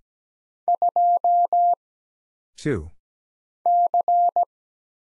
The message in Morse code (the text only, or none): 2 C